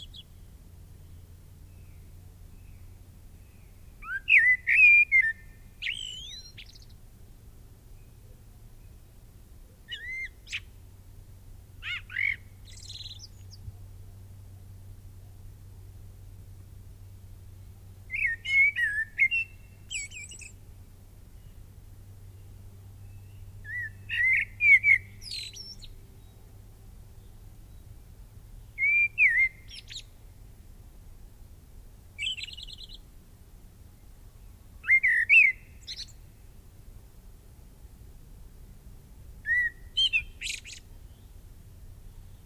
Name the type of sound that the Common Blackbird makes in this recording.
song